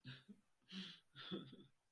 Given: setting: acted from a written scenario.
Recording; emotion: vocal sound without words; sadness